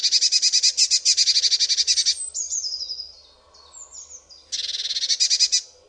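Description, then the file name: Eurasian blue tit singing: a rapid, buzzy high trill lasting two seconds, a few thin descending notes, then a second fast trill. "MODRASZKA"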